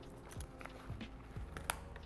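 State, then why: Seated. A pouch's plastic MOLLE clip is threaded through the strap webbing and pushed at the top, with several faint ticks and handling rustles before a sharp little click at 1.7 s. The clip snaps onto the webbing and is seated.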